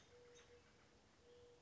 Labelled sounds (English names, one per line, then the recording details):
Mourning Dove
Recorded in Sonoma County, California